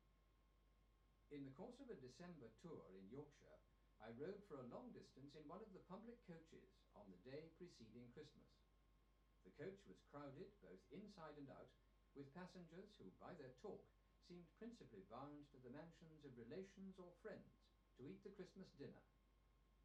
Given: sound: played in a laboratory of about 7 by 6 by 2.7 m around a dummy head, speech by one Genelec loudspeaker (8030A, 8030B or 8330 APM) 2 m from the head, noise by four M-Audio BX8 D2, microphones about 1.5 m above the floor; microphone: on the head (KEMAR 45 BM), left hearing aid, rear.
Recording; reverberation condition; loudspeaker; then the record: male speech in English; low; 90 degrees to the right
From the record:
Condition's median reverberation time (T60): about 310 ms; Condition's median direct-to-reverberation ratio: about 3.5 dB